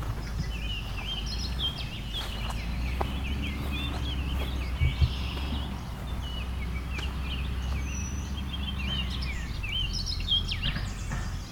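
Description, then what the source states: Orchard oriole song, a lively run of varied whistled and chattering notes going on throughout, over loud steady low rumbling background noise. Recorded live near a campsite with background noise, while testing a bird sound ID app.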